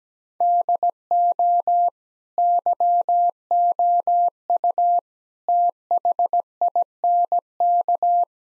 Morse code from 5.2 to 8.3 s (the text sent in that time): THINK